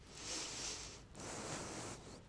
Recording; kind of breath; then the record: one breath in and out by a microphone near the nose and mouth; strong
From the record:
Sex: male